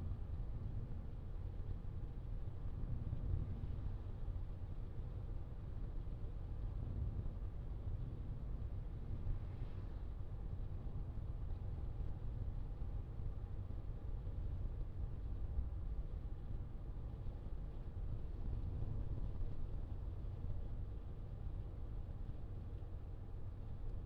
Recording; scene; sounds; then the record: everyday scene through a hearing-aid microphone; in a vehicle; engine, traffic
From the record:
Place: Skoda Fabia, gasoline engine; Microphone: in the ear canal, left